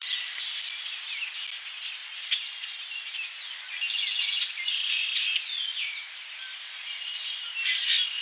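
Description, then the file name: Blue-gray gnatcatcher giving thin, high squeaky notes and short buzzy phrases in irregular bursts, with brief pauses, over a steady high insect-like hiss. "Polioptila caerulea"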